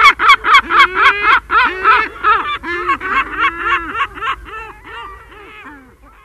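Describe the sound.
Herring gull: a rapid laughing series of loud, harsh kyow notes, about four per second, fading toward the end.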